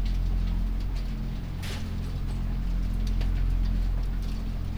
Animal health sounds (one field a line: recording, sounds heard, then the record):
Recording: poultry house recording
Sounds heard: healthy chickens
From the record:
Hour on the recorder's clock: 1